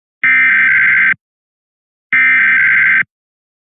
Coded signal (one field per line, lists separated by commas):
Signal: Emergency Alert System (SAME) tones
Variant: header bursts